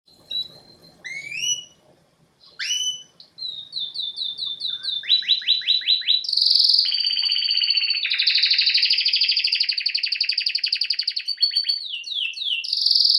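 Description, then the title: Domestic canary song opening with a few spaced chirps, then building into a continuous stream of rising sweeps, trills and fast rattling notes. Male canary singing a lot; training recording to warm up young birds and Belgian canaries. "Esquente Seu Filhote E Canario Belga Em 30 Minutos Macho Cantando Muito"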